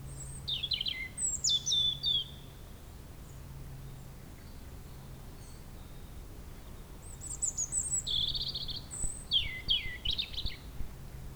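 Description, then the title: European robin song: sweet, high warbles and falling slurs in short bursts, silent stretch, then more varied twittering phrases, a low droning hum throughout. Sung at sunset on the shore of Lac du Bourget near Brison-Saint-Innocent, France, with the nearby road closed to traffic and calm restored. "28 Chem. de la Chapelle, Brison-Saint-Innocent, France - rouge-gorge."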